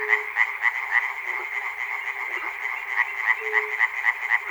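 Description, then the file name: Frog chorus of quick pulsed croaks repeating several times a second, slightly uneven, with a faint low tone at the start and near the end. Frogs recorded at Chernobyl. "peter cusack-chernobyl frogs"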